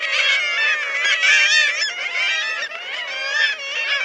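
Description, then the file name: Black-legged kittiwakes calling together in a loud, dense chorus of nasal, wavering cries that overlap without a break. "KRYKKJE"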